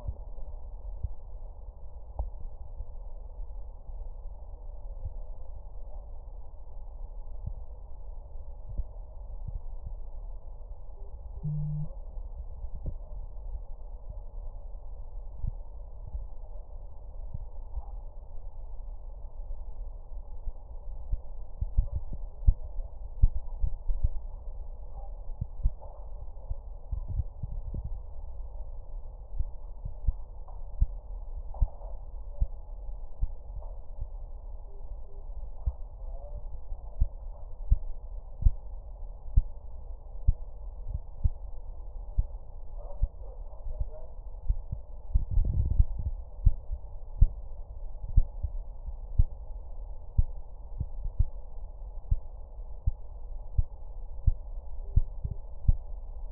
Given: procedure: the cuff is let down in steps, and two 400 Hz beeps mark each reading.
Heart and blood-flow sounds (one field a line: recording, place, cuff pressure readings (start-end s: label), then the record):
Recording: Korotkoff sounds by stethoscope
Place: brachial artery, at the lower edge of an arm cuff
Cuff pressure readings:
10.97-11.49 s: 130 mmHg
34.68-35.21 s: 120 mmHg
54.85-55.37 s: 110 mmHg
From the record:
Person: healthy adult, 24 to 32 years, lying on the back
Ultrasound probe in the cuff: distal